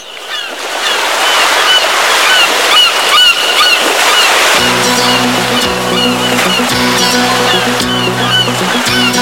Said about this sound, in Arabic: أشد طيور المنطقة المتجمدة الجنوبية شراسة وقسوة فنجد الإسكوا، وهو نوع من النورس الذي يشبه الصقر ولون ريشه أسمر يشوبه السواد ويزيد حجمه قليلا عن حجم الحمامة.